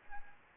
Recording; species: mosquito wingbeat signal from an infrared sensor; Anopheles arabiensis